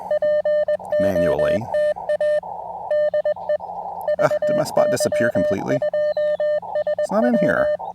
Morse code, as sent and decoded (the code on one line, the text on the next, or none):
.--. --- - .- / -.. . / ...- -.-- ..--- ... .--
POTA DE VY2SW